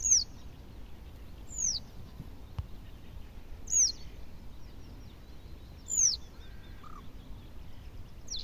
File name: pliszka cytrynowa